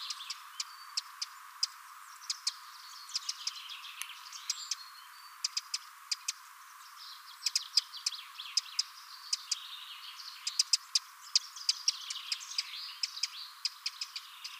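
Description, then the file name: Eurasian wren: hard clicking ticks, sometimes in quick runs of two or three, repeated throughout over busy, thin, high twittering. "Troglodytes troglodytes"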